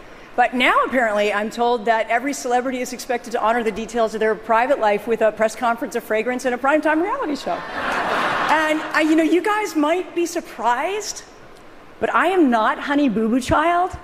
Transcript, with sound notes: But now, apparently, I'm told that every celebrity is expected to honor the details of their private life with a press conference, a fragrance and a prime-time reality show.
(LAUGHTER)
And, you know, you guys might be surprised, but I am not Honey Boo Boo child.